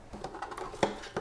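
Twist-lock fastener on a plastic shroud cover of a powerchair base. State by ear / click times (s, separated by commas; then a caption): seated / 0.8 s. A plastic twist-lock fastener holding a colored plastic shroud cover on the base of a Quantum Edge 3 Stretto powerchair is pushed in and turned until it seats. A few faint taps and rustles lead up to a sharp click at 0.8 seconds as the fastener locks, holding the cover back on, followed by another tap near the end.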